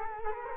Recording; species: mosquito wingbeat signal from an infrared sensor; Culex quinquefasciatus